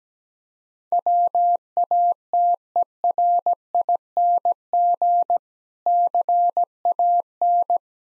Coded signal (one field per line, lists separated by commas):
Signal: Morse code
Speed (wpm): 17 wpm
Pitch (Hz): 700 Hz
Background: none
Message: WATERING CAN